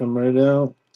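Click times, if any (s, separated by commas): none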